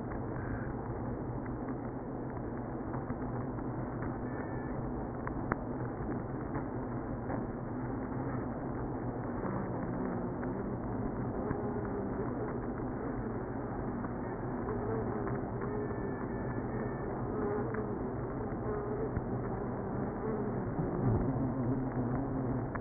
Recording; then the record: honeybee colony, microphone inside the hive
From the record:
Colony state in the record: queenless (queen removed); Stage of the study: after two queens were removed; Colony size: about 60,000 bees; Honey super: yes